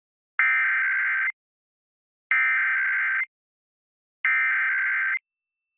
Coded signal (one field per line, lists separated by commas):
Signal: Emergency Alert System (SAME) tones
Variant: header bursts